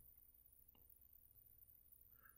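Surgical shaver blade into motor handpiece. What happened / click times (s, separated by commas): Part handled and lined up, not yet seated / none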